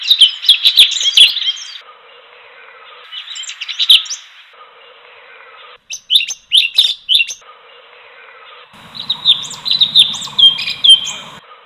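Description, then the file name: Bulbul song, busy bursts of chirps and whistles broken by edits and short silences, ending in a dense warbling phrase over a low hum. "kompilasi suara kicauan cucak cungkok omkicau"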